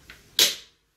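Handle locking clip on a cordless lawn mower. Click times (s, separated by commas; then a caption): 0.4 s. A plastic locking clip on the folding handle of a cordless lawn mower is pressed shut. A faint tick at 0.1 s comes before a sharp, bright snap at 0.4 s, which fades out by about 0.75 s. The clip clicks closed and seats, and the mower is ready to use.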